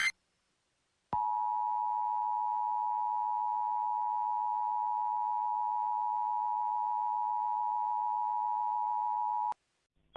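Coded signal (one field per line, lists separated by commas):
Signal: Emergency Alert System (SAME) tones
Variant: 853 and 960 Hz attention tone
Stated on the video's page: Fictional EAS scenario, a simulated alert.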